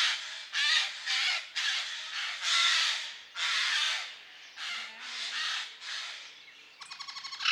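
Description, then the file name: Eurasian jay producing a dense series of harsh, raspy screeches in quick succession, ending with a fast rattling chatter. "geai des chenes"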